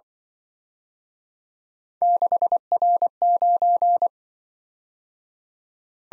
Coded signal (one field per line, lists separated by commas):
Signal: Morse code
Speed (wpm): 25 wpm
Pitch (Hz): 700 Hz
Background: none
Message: 6R9